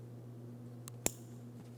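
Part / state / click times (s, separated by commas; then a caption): wiring harness connector into third brake light assembly socket / seated / 1.1 s. A wiring harness electrical connector is lined up with its locking tab and pressed into the socket on the back of the plastic high mount third brake light housing for a 2007-2014 GMC Sierra 2500 HD. Over a steady low hum, a faint tick at 0.9 s is followed by a sharp, bright click at 1.1 s. The connector is seated and locked in.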